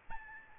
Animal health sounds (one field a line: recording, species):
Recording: mosquito wingbeat signal from an infrared sensor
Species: Aedes albopictus